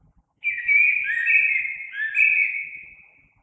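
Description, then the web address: Common blackbird singing one long, clear, fluty phrase with gentle wavering pitch, loud and clean, trailing off gradually after nearly three seconds. Recorded on 3 March 2020. "oiseaux Merle 2020 03 03"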